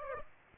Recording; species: mosquito wingbeat signal from an infrared sensor; Aedes aegypti